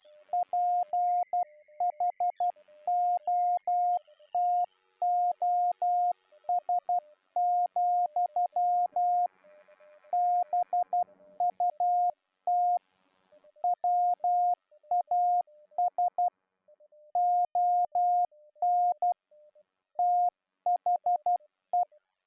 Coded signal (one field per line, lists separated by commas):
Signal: Morse code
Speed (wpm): 12 wpm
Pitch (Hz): 710 Hz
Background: music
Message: PHOTOS, BUT WAS ON THE